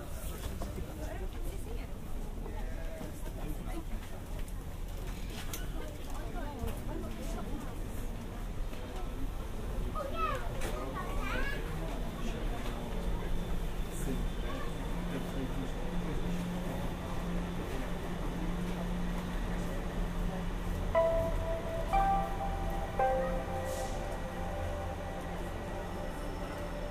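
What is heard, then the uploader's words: Aboard a ferry from Ryde to Portsmouth, a steady low engine drone and rumble run throughout. Voices chatter over it, livelier around ten to twelve seconds, and a few clear, pitched beeping tones ring out near the end, from about twenty-one seconds. Crossing the Solent on Wightlink's Fastcat Catamaran service. I travel on Wightlink’s Wight Ryder 2 ferry from Ryde to Portsmouth, on the south coast of Great Britian. Binaural.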